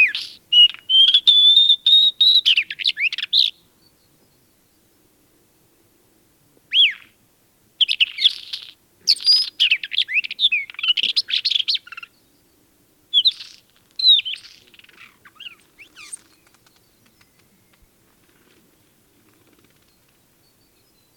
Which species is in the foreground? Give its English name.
Isabelline Wheatear